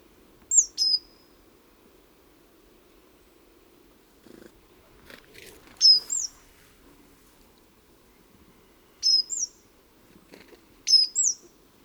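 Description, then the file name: Great tit calls: four short bursts of shrill, high notes at uneven intervals, each a pair or trio. "Parus major"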